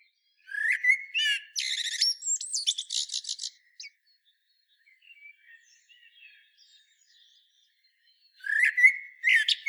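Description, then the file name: Common blackbird song: a low fluted warble followed by a squeaky high twitter, a quiet gap with faint notes, then another warbled phrase begins. "Turdus merula"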